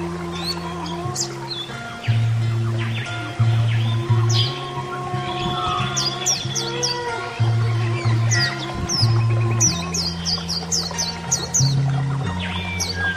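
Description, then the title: Oriental magpie-robin song of thin, high slurred notes delivered in fast runs, becoming denser toward the end, over a steady low droning hum. Song (kicau). "Kicau Kacer Durasi Panjang 1jam Lebih"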